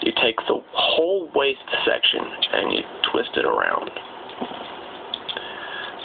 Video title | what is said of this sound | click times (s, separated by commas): Cyberverse commander ultra magnus | it locks into place like that | 6.0 s